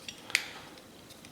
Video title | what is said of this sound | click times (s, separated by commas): Je construis une Ford GT40 au 1/8 Altaya montage fascicule 1,2 et 3 | mais après forcé et ça se clipse voilà | 0.3 s